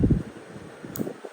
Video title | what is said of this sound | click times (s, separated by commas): Replacing the Drivers Side License Plate Bulb on a Jeep Renegade. | and you're going to hear it lock into place so there will be a click | 1.0 s